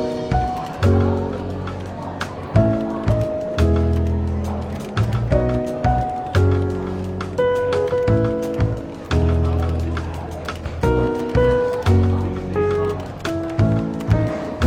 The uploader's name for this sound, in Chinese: 伦敦书店咖啡馆轻微喧闹氛围与柔和轻松的爵士背景音乐